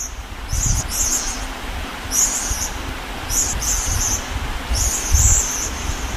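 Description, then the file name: Lorikeet uttering buzzy, very high grating screeches in short bursts, about four spaced throughout, over steady low rumbling noise. "Лори -Лорикет -Попугай -Голоса-птиц"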